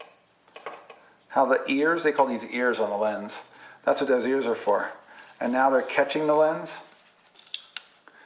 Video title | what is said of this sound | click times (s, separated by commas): Buying a Film Camera: NIKON NIKKORMAT FT2 | it just clicked into place now see how that pin is inside those ears and it's changing so | 7.8 s